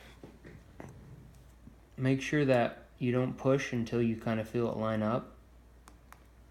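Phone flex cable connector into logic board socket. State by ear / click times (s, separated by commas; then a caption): seated / 5.9 s, 6.1 s. During iPhone 5 reassembly, a flex cable connector is lined up and pressed onto its logic board socket while someone talks. The speech ends, and two sharp ticks come at 5.9 s and 6.1 s as the ribbon connector snaps down and seats.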